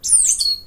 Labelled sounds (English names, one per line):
Stitchbird song